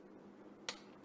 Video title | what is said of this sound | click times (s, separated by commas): SIG 226 VS GLOCK 17 PISTOL REVIEW | You just kind of bring it down till you hear it click like that, and you're safe. | 0.7 s